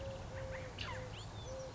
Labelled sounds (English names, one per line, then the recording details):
Eurasian Collared Dove
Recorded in Sonoma County, California